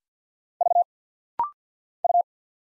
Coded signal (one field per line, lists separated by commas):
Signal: Morse code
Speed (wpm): 48 wpm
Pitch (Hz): 700 Hz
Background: none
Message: V U